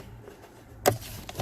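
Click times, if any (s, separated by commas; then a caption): 0.9 s. On a Hyundai, a lever on the side of the plastic glove box or cabin air filter cover is pressed and held, and the glove box side stop releases from the dashboard with one sharp click at 0.9 s. Two softer knocks follow at about 1.3 s and 1.4 s, and the side is released.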